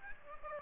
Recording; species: mosquito wingbeat signal from an infrared sensor; Aedes aegypti